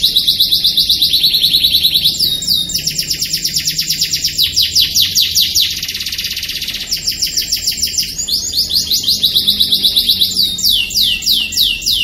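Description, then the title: Canary song of loud, high rapid trills, with a dense rattling section in the middle before slower swept notes return. Caged canary of the 'raja kecil' type; song marked as wrong ('salah'). "SALAH!!!. Kenari Raja Kecil milik Fitri BKS"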